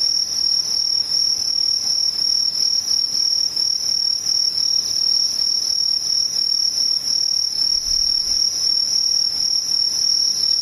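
Insects sing without pause, a dense, high, steady shrill like crickets trilling together, with a second thinner, even higher band above it. The chorus stays level throughout, pulsing rapidly with no breaks. A faint low thump comes near the eighth second.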